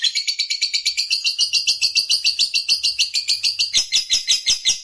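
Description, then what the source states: Lovebird singing a rapid, continuous chatter of harsh high chirps and trills, pulsing throughout. Fighter-type lovebird singing energetically (gacor).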